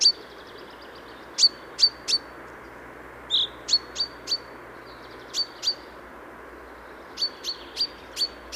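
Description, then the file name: Common chaffinch calling with short, sharp, high notes, single or in twos and threes, spaced irregularly throughout. "Fringilla coelebs"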